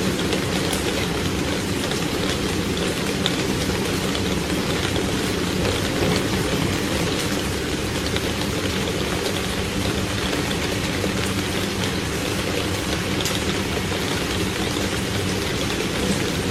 Heavy rainfall on the roof and powerful thunder at night